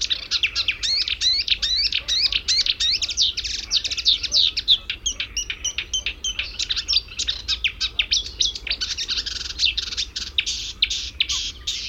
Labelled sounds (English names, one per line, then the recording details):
Marsh Warbler song
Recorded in the wild
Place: Bad Kleinen, Mecklenburg-Vorpommern, DE
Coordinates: 53.771, 11.472
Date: 1972-06-14 07:20
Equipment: Nagra III BH, Sennheiser MD 21, parabola
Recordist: Schubert, Michael